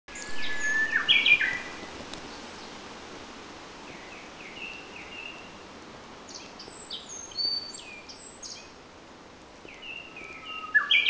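Common nightingale singing varied bursts of sharp chirps, trills and whistled notes with short gaps between phrases, against a constant soft hiss.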